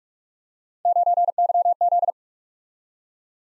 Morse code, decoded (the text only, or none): 9YZ